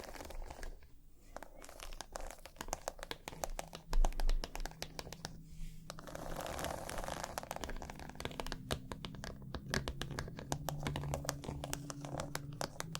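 Rapid, irregular tapping clicks run throughout, dense and crisp, with a low hum underneath and a louder thump near four seconds.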